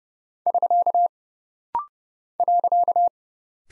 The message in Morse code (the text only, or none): <SK> .